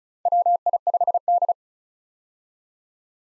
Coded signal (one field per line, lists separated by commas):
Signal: Morse code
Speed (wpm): 34 wpm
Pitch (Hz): 700 Hz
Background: none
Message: WI5D